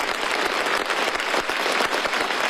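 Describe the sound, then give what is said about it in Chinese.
Warm, sustained applause from a large crowd in the meeting hall of the 13th National People's Congress, after the Constitutional Amendment of the People's Republic of China was passed by vote in 2018. A dense and steady wash of many hands clapping at once with no voices. “王晨宣布《中华人民共和国宪法修正案》通过，会场顿时响起热烈的掌声。”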